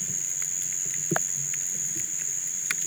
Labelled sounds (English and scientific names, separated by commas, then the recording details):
none
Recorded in pastures near Puerto Asís, Putumayo, Colombia, on 27 June 2025 at 05:30
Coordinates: 0.486, -76.323
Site H29